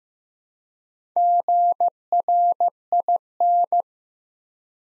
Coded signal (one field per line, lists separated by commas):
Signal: Morse code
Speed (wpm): 15 wpm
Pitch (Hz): 700 Hz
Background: none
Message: GRIN